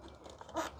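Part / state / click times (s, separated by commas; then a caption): plastic cover over headlight wiring connector / not seated / none. A plastic connector cover is slid around the back of the headlight wiring connector on a 2007–2012 Hyundai Santa Fe, with faint plastic handling sounds and small taps near 0.3, 0.4 and 0.5 seconds. A louder rustling swell follows toward the end. The cover has not clicked shut yet, so nothing has seated.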